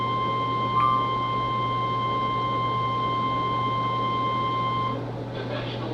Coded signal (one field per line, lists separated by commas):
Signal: Emergency Alert System (SAME) tones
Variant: 1050 Hz attention tone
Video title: The Overperforming Marginal Risk... | EAS #414-433 (Severe Weather Alerts from 4/19-20/2024)